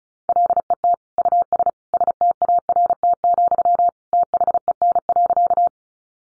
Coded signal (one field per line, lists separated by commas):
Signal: Morse code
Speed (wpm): 34 wpm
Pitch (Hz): 700 Hz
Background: none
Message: LET US START, THEN.